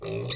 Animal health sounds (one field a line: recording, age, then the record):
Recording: pig call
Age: weaner (32 to 43 days)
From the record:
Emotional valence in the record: negative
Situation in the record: short isolation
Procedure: open field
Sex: female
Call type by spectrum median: low-frequency call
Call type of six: mixed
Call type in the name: high-frequency modulated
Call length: 0.36 s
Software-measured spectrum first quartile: 297 Hz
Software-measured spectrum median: 957 Hz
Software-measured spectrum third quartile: 3744 Hz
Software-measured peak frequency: 396 Hz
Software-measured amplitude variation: 74 dB a second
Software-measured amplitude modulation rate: 26.4 a second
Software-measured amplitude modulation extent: 2.8 dB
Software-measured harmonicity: 2.3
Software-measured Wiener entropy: -3.44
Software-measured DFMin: 687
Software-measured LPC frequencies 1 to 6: 425, 2134, 2601, 3685, 5738, 6475 Hz